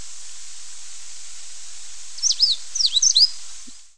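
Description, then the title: Coal-crested finch call: after a quiet start, a brief series of high, sharp, slurred notes in the second half, with steady background hiss. "LuckyPassaro Completos2Sama. Coal-crested Finch (Charitospiza eucosma)"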